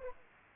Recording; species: mosquito wingbeat signal from an infrared sensor; Aedes aegypti